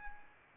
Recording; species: mosquito wingbeat signal from an infrared sensor; Anopheles arabiensis